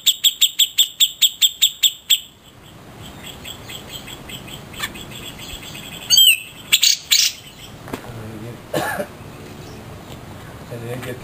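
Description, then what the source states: Grey-cheeked bulbul song opens with a fast run of sharp repeated high notes, then pauses before a few loud chirps and scattered harsher calls. Song style locally called resing.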